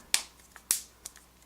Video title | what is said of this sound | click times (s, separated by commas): Samsung Galaxy s5 Unboxing & Review Part 1 | snaps into place | 0.1 s, 0.7 s